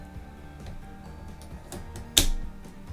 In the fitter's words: like so once you hear that click just close